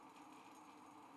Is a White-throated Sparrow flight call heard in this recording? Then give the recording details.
no. No flight call is heard. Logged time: 02:33 on 5 December 2014